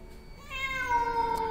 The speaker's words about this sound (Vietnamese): trong cái màn mưa trắng xóa ấy, bỗng dưng có tiếng mèo kêu ngoao ngoao phát ra.